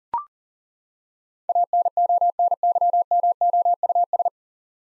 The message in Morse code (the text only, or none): ANONYMOUS